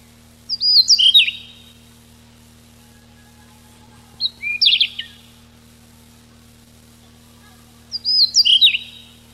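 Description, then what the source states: Siberian rubythroat song: three short bursts of whistled, warbling high notes, about every three and a half seconds, over a steady low hum. Recorded 6 July 1991.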